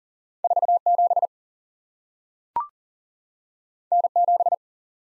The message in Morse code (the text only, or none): 47 N7